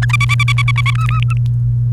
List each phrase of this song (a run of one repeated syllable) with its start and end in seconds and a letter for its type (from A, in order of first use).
0.09-0.91 A, 0.95-1.33 B